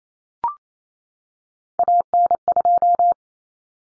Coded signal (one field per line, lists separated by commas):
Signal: Morse code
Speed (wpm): 28 wpm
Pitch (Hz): 700 Hz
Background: none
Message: AN2